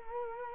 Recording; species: mosquito wingbeat signal from an infrared sensor; Culex quinquefasciatus